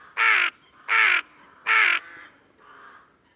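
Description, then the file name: Carrion crow giving three harsh, rasping caws about 0.7 seconds apart, followed by two fainter, lower hoarse calls trailing off. "Corvus corone"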